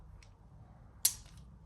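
The spent-case extractor is removed from the cylinder of a СЕМ РС 1.1 revolver again, this time coming out more easily and smoothly. A faint tick at 0.2 s is followed by a sharp, bright pop at 1.1 s as the extractor releases, over a low background hum.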